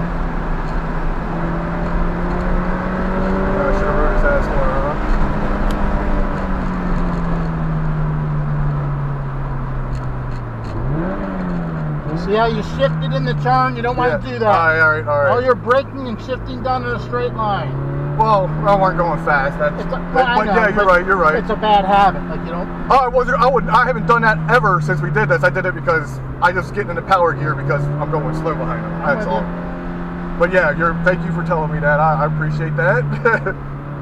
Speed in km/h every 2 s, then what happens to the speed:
95, 108, 109, 87, 71, 61, 47, 42, 56, 66, 68, 63, 52, 48, 68, 63, 52.
0-4 speeds up to 109. 4-13 brakes to 42. 13-19 speeds up to 68. 19-25 slows to 48. 26-28 speeds up to 68. 28-34 slows to 52.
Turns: 11-17.